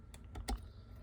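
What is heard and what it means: A brown USB cable's plastic connector is plugged into its only matching socket on a Roadanvi 12.3 inch Android head unit for a 2019-2022 Toyota Rav4. A few faint taps come first, then a sharp click at 0.5 s as the connector seats. Someone talks right after.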